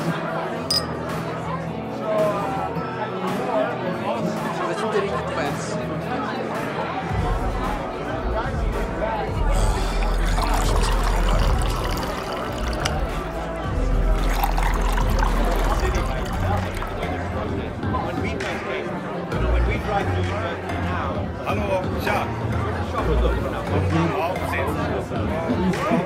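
Murmuring bar sounds: a dense, steady babble of many overlapping voices, no single speaker standing out. A low hum runs underneath, and deep thudding rumbles swell in from about seven seconds to seventeen, returning briefly near twenty and twenty-four seconds.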